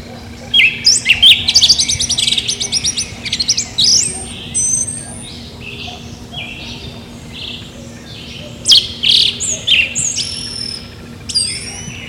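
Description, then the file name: Yellow-legged thrush singing a varied run of high, squeaky and twittering notes in quick bursts, a pause, then more sharp rising and falling phrases. Cantareira State Park, São Paulo, Brazil, 30 April 2004. "Turdus-flavipes-Cantareira SPark-SP-Brazil 30-4-04-ASilveira"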